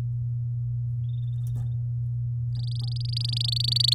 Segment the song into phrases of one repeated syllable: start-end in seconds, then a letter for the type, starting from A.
2.52-3.94 A